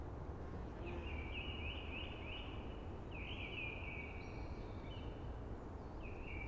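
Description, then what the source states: Eurasian blackbird singing a string of quick slurred notes followed by longer warbled phrases, with a faint higher twitter, over a continuous soft roar of wind. Singing early, amongst conifers hushing in the background.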